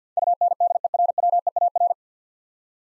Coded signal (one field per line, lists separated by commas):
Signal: Morse code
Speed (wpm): 50 wpm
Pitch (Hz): 700 Hz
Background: none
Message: UNDERWEAR